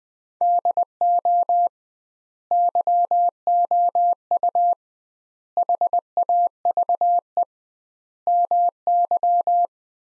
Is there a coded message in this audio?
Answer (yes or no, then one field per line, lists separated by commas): yes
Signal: Morse code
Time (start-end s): 0.4-9.7 s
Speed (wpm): 21 wpm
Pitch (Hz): 700 Hz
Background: none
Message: DO YOU HAVE MY